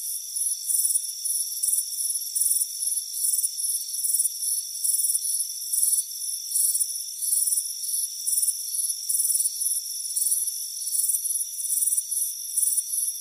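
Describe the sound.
Crickets chirping in many short, shrill pulsed bursts, a continuous stream of high trills over constant faint high tones.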